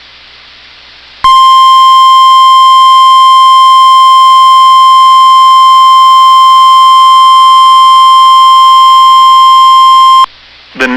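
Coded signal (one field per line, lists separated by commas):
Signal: Emergency Alert System (SAME) tones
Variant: 1050 Hz attention tone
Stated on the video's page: Severe thunderstorm watch activation on a NOAA Weather Radio transmitter in Bemidji, Minnesota.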